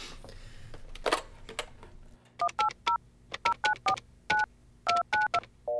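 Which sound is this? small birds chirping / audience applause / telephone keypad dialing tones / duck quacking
telephone keypad dialing tones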